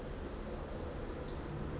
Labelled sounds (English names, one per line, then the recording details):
Pacific Wren
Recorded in Sonoma County, California